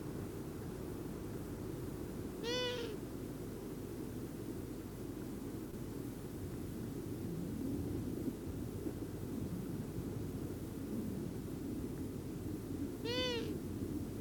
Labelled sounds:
Long-eared Owl (Asio otus) call
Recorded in the wild
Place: Bergen, Insel Rügen, Mecklenburg-Vorpommern, DE
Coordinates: 54.421, 13.447
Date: 1976-04-17
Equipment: Nagra III BH, Sennheiser MD 21, parabola
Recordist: Schubert, Michael

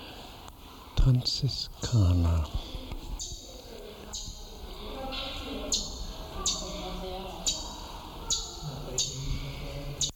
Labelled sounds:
Southern Red Bishop (Euplectes orix) call
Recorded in captivity
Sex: male
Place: Zoo Berlin, Berlin, DE
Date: 1996-01-06 15:00
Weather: bedeckt, -4°C
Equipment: Sony WM-D6C, Sennheiser ME 80, Kopie Uher 4000 Report Monitor
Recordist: Tembrock, Günter
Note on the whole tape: Männchen: Kurzlaute, Entfernung ca. 3 m

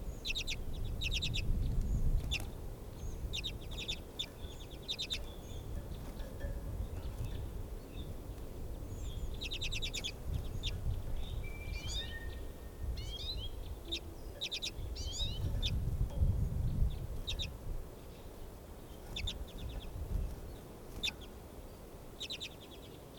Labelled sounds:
Common Redpoll (Carduelis flammea) call
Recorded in captivity
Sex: male
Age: adult
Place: Serrahn, Mecklenburg-Vorpommern, DE
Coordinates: 53.667, 12.347
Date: 1978-01-02
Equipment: Nagra III BH, Sennheiser MD 21
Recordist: Schubert, Michael

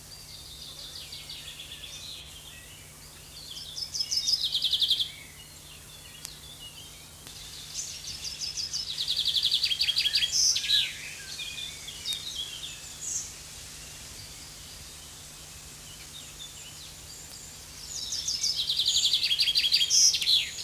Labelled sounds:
Common Chaffinch (Fringilla coelebs) song
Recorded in the wild
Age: adult
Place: Botanische Anlage Blankenfelde, Berlin, DE
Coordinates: 52.603, 13.4
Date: 2003-06-29 13:45
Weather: fair, 26°C
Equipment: Fair Mate ST-1328 (Asahi Electronics, Japan), Sennheiser ME 80, Kopie Uher 4000 Report Monitor
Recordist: Tembrock, Günter

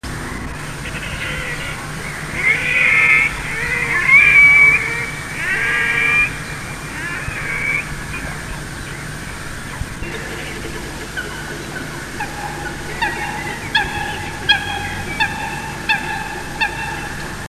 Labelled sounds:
Red-necked Grebe (Podiceps grisegena) call, Eurasian Coot (Fulica atra)
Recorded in the wild
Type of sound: call
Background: Fulica atra
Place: Petershain, Niederlausitz, Sachsen, DE
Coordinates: 51.3167, 14.7514
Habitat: pond
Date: 1963-06-10
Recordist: Meyer, Hugo
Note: Eine Rufreihe bzw. Lautgebung

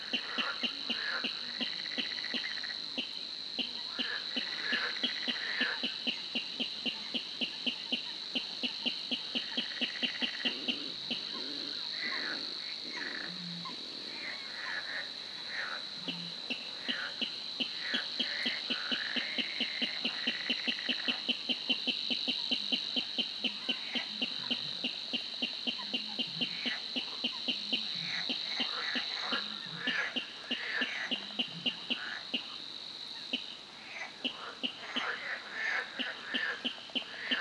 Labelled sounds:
Water Rail (Rallus aquaticus)
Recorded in the wild
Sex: male
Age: adult
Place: Warsow, Kummerower See, Mecklenburg-Vorpommern, DE
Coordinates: 53.8344, 12.8475
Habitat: wetland
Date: 2009-06-15 21:00
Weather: heiter, schwacher Wind aus West, ca. 15 °C
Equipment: Sound Devices 702, Rode NT1-A Stereopaar
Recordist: Frommolt, Karl-Heinz

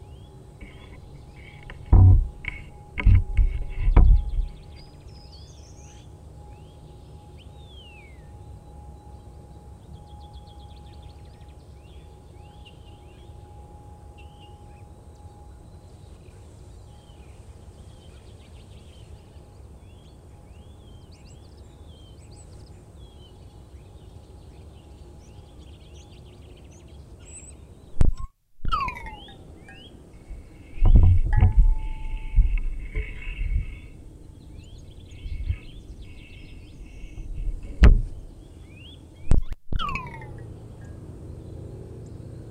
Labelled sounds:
Short-toed Treecreeper (Certhia brachydactyla)
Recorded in the wild
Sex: male
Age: adult
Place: Freiburg, Baden-Württemberg, DE
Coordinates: 48.0333, 7.82472
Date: 1960-03-28
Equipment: Maihak MMK 4, Sennheiser MD 82
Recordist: Thielcke, Gerhard

